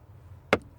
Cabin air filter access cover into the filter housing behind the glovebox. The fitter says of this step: Line the top up first, push it, locks into place, make sure they're both locked.